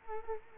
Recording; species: mosquito wingbeat signal from an infrared sensor; Culex quinquefasciatus